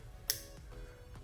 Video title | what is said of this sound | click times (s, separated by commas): 2021-2024 HYUNDAI ELANTRA G2.0L Replace Vapor Canister Purge Valve Solenoid | slide it in place listen for the click | 0.3 s